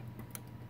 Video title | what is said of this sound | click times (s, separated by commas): how to install corsair Vengeance LPX 16gb memory kit into a asus hero maxiums x motherboard | then you just push it until it clicks and that's how you know it's in | 0.3 s